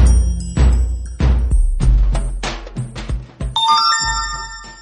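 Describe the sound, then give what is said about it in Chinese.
A DBC text message alert tone: a run of sharp, rhythmic electronic hits, then a bright sequence of stepped, rising chime notes that ring out at the end. No one speaks. “DBC 短信。”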